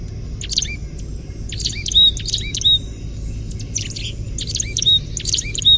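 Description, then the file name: Carolina chickadee gargle calls, rapid jumbled high notes with short sliding whistles, given in several bursts, steady low rumble underneath. "CACH chickadee gargle"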